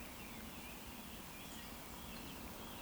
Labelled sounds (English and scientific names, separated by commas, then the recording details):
Eurasian Woodcock (Scolopax rusticola) whistle
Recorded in Baden-Württemberg, Germany, on 14 June 2020 at 19:53 UTC
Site 14569, 102 m above sea level